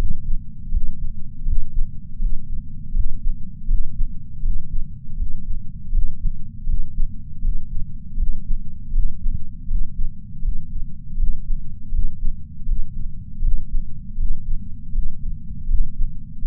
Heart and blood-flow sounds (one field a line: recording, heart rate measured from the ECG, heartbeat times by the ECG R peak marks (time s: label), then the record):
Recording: heart sounds by patch sensor on the chest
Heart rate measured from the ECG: 80 bpm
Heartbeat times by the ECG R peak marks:
0.71 s: heartbeat
1.45 s: heartbeat
2.19 s: heartbeat
2.94 s: heartbeat
3.68 s: heartbeat
4.43 s: heartbeat
5.17 s: heartbeat
5.92 s: heartbeat
6.66 s: heartbeat
7.42 s: heartbeat
8.17 s: heartbeat
8.93 s: heartbeat
9.68 s: heartbeat
10.42 s: heartbeat
11.17 s: heartbeat
11.92 s: heartbeat
12.66 s: heartbeat
13.41 s: heartbeat
14.18 s: heartbeat
14.93 s: heartbeat
15.68 s: heartbeat
16.42 s: heartbeat
From the record:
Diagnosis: coronary artery disease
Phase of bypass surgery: preoperative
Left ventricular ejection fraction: 63.3%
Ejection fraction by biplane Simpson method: 60.1%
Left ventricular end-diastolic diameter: 44 mm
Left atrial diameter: 34 mm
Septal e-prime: 5.7 cm/s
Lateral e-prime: 6.6 cm/s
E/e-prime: 12.8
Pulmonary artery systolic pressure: 18 mmHg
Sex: female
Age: 71 years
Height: 150 cm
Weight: 59 kg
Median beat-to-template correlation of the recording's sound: 0.93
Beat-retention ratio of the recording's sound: 0.99